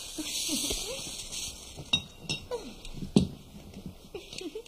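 Crinkling plastic rustles over a string of sharp metallic clicks and clinks, like a can being worked open, with faint murmuring voices underneath.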